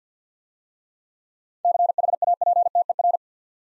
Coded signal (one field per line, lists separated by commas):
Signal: Morse code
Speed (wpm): 49 wpm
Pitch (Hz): 700 Hz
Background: none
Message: CHAPTER